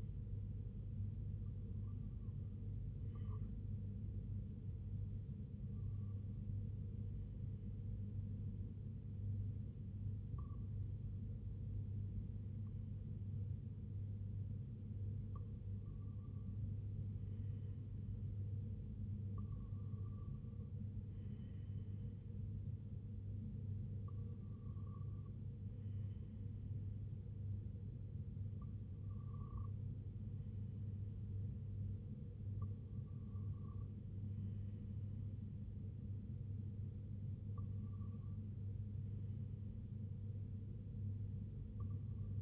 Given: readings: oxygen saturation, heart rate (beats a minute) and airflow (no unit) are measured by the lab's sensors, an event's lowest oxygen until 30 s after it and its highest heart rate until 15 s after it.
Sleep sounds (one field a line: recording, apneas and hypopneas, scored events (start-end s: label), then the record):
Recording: breathing in sleep by a smartphone at the bedside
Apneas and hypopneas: none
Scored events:
none scored
From the record:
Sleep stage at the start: REM sleep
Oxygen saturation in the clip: 94 to 96%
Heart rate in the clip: 72 to 80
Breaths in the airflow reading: 9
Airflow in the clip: -4.9 to 2.9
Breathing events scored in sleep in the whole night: 258 in 7.4 hours asleep